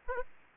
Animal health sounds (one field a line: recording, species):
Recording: mosquito wingbeat signal from an infrared sensor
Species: Aedes aegypti